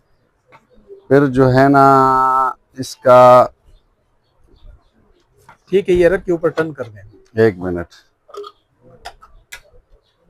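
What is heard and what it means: A top cover is placed on an electric food chopper bowl and twisted until it locks, the lock being needed before the motor will run. Someone talks, then a series of small ticks around 8.4–9.2 s ends in a louder click at 9.5 s as the lid seats and locks.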